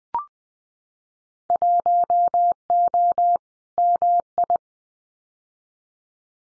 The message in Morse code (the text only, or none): 1O MI